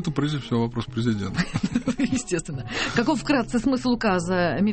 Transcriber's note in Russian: все смеются